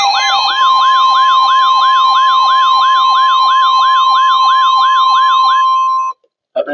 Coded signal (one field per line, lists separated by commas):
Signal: Emergency Alert System (SAME) tones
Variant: 1050 Hz attention tone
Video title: START TO 2026… EAS Alerts from 3/7/26 EAS#414-EAS#441